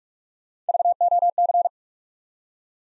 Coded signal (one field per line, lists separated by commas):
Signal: Morse code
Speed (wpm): 44 wpm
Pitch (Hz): 700 Hz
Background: none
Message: VOC